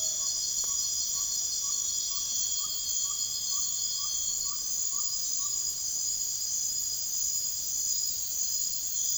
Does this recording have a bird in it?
yes